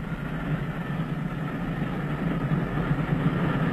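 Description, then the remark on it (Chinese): A steady, heavy low rumble of a train rolling along the rails, continuous and even throughout, with a faint hiss above and no voices. “麦肯齐上校从死者身上发现的一张到斯德哥尔摩的火车票断定，在逃的那个已经上了火车。”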